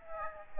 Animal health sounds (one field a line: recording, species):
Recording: mosquito wingbeat signal from an infrared sensor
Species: Aedes aegypti